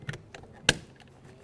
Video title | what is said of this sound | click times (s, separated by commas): How to Replace Rear Exterior Door Handle 2003-2007 Honda Accord | listen for a click give it a tug | 0.7 s